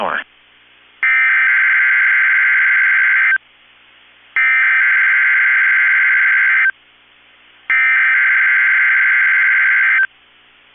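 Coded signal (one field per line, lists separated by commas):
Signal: Emergency Alert System (SAME) tones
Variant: header bursts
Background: speech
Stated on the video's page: NOAA Weather Radio required weekly test on KEC65.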